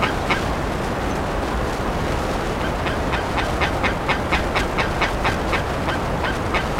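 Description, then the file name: Bird calls, sparse at first, then a faster run of short harsh notes about two per second, over steady low noise. "SABIOD 50 bird 2015"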